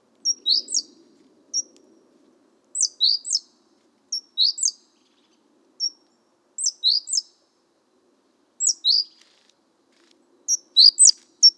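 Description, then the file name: Great tit, repeated high calls: single thin notes alternating with pairs of steeply falling notes at short intervals, with a faint low rumble early on. "Parus major"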